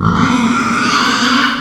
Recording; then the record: squeal of a Yucatan mini pig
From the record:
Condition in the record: after surgery on the right vocal fold (resection and tissue-engineered implant); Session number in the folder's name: 15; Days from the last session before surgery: 175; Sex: female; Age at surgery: 19 weeks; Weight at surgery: 25 kg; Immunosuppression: prednisolone